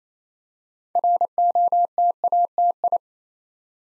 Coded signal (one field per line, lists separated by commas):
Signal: Morse code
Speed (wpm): 29 wpm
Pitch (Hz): 700 Hz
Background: none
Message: ROTATI